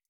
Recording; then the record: hydrophone in a shrimp aquaculture tank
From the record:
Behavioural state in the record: stressed